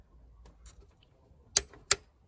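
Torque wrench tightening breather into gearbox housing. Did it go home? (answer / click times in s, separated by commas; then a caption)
yes / 1.6 s, 1.9 s. A torque wrench tightens the breather into the F17 manual gearbox housing of a 2014 Opel Corsa D 1.4 to 30 Nm (22 lb-ft) during a gearbox oil change. After a few faint ticks, two sharp clicks at 1.6 s and 1.9 s show the wrench reaching its set torque.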